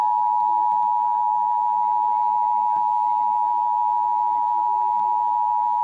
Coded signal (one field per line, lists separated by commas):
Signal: Emergency Alert System (SAME) tones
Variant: 853 and 960 Hz attention tone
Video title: HELLO 2019!! EAS Alerts from 1/8/19 - 1/30/19 (EAS #1,992 - 2,009)